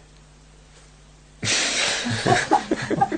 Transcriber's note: laughter